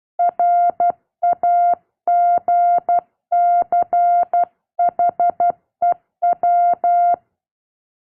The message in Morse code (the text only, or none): RAGCHEW